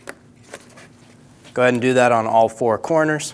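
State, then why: Seated. A plastic radiator mounting clip is slid onto the corner of the radiator tank on a 2016-2025 Chevrolet Malibu 1.5L L4 and pushed until it clicks and locks in place. A sharp click sounds at 0.1 s, and a softer tap follows near 0.5 s. Someone then talks from about 1.6 s.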